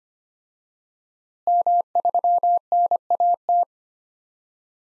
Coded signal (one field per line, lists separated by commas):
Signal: Morse code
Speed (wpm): 25 wpm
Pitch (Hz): 700 Hz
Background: none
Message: M3NAT